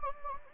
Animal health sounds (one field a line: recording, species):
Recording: mosquito wingbeat signal from an infrared sensor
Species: Anopheles gambiae